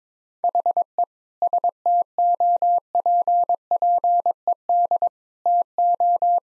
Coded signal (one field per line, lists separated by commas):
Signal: Morse code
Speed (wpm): 22 wpm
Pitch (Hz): 700 Hz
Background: none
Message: HE STOPPED TO